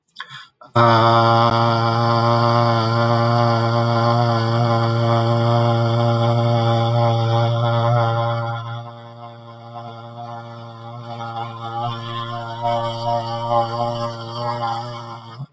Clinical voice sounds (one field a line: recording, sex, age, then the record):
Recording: vowel held as long as possible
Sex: male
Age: 40 to 49 years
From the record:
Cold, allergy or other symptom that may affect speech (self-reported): no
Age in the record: 43 years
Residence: Ohio, United States